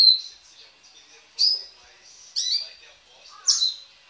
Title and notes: Canario Belga, nyonyastudio